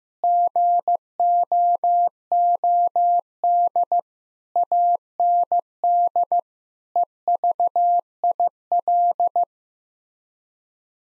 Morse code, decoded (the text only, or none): GOOD AND EVIL